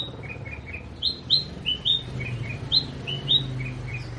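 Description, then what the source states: Sooty-headed bulbul song of crisp rising chirps, some paired, delivered at an uneven pace with a low rumbling hum underneath. Local name kutilang; described as gacor, actively and persistently singing.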